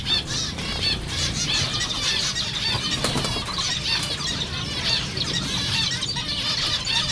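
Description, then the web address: Zebra finch calls: a busy, loud flock of nasal tooting chirps and quick twitters, densely overlapping, with a sharp click near the middle. Recorded at Jászberény Zoo in 2015. "allathangok jaszberenyizoo 2015 professzionalis zebrapinty zebrapinty rizspinty"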